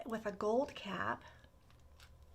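A gold cap is being put onto an amber glass essential-oil roller bottle and pressed down while someone talks, followed by quieter handling and a faint short tick near 1.7 s. The cap has not seated or clicked yet in this clip.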